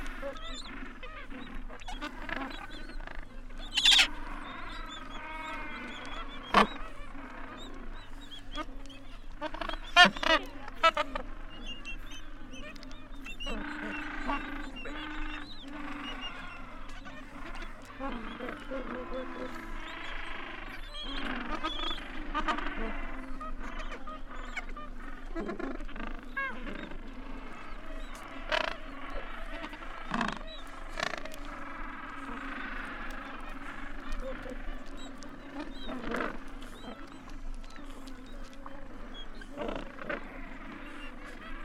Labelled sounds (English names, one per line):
Gentoo Penguin call